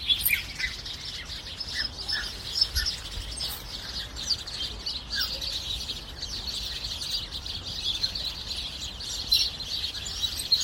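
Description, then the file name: Sparrows chirping steadily, a dense chattering of many overlapping short chirps throughout, with a faint low background rumble. "spatzen"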